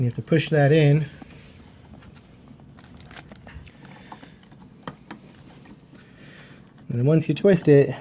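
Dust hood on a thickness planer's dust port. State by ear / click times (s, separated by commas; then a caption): not seated / none. Someone talks while handling the plastic dust collection hood of a DeWalt DW735X thickness planer, pushing it onto the planer's dust port outlet and twisting it to lock. Between the talking there are faint scattered handling ticks and light plastic knocks. Nothing has seated or clicked into place yet.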